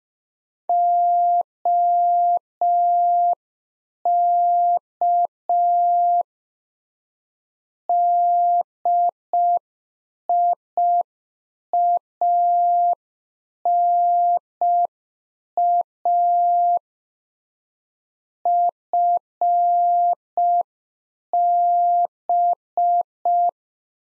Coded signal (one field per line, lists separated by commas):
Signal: Morse code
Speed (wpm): 5 wpm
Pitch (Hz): 700 Hz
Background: none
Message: OK DIANA FB